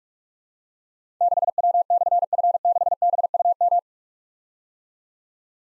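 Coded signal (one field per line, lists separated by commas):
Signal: Morse code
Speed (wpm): 44 wpm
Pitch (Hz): 700 Hz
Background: none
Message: 6W/F6BUM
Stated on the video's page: Morse practice at 45 WPM: difficult call signs with slashes, each sent in Morse, then spoken, then sent again.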